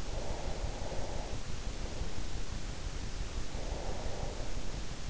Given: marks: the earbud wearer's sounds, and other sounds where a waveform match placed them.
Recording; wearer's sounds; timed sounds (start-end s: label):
sounds in sleep by an in-ear microphone; breath
0.00-1.71 s: breath
3.42-4.81 s: breath